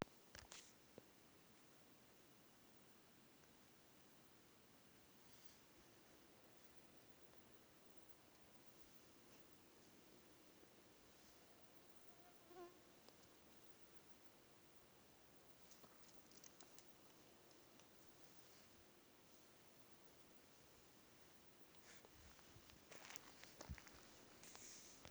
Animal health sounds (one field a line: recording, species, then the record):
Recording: mosquito flight sound by mobile phone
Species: Aedes sierrensis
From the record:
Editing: field recording with all noises